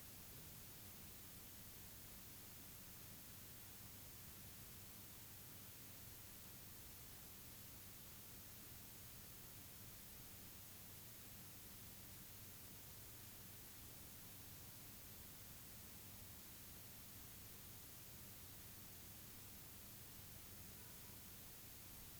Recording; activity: daily activity, guitar pickup as the sensor; lie down